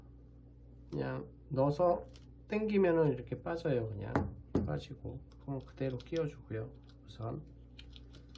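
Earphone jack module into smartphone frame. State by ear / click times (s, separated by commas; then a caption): not seated / none. Someone talks while pressing the earphone jack module back into the bezel housing of a Galaxy S10e smartphone frame so that it should click in. A few faint ticks come near the end, but the module has not clicked into place yet.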